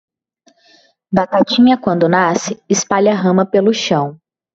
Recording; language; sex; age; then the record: short text; Brazilian Portuguese; female; 20 to 29 years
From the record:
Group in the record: control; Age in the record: 25 years